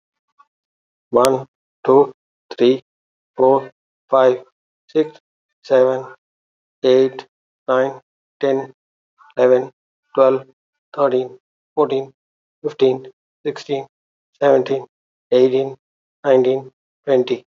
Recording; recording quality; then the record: counting at a normal pace; excellent, no background noise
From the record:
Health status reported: healthy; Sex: male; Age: 52 years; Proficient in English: yes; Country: India